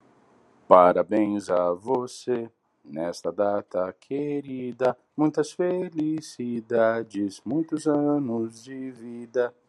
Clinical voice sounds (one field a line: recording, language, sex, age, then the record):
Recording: short text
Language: Brazilian Portuguese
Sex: male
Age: 40 to 49 years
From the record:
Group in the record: control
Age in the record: 43 years